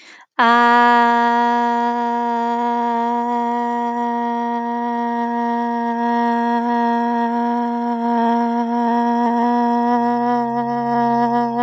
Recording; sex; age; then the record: vowel held as long as possible; female; 20 to 29 years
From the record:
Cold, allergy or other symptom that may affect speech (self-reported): yes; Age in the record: 26 years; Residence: Florida, United States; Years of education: 16